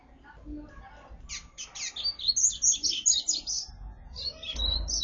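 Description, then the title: Double-collared seedeater song: a rapid run of sharp, high chirping notes in a quick rhythmic burst, then a shorter second burst, over low background noise. "Canto Coleiro"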